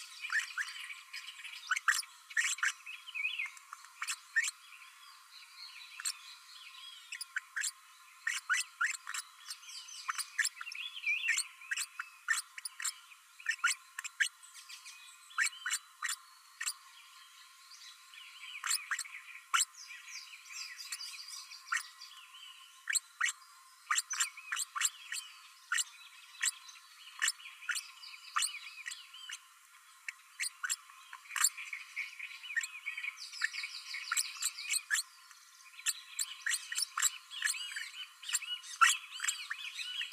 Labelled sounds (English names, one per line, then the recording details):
Green-rumped Parrotlet babbling
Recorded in a nest box in Venezuela
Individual 18B12A3